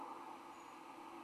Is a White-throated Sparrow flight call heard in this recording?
no